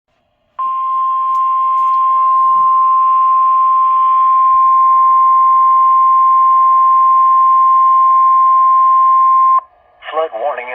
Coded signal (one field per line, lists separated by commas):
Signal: Emergency Alert System (SAME) tones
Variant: 1050 Hz attention tone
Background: speech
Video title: River Flood Warnings (EAS #103-104)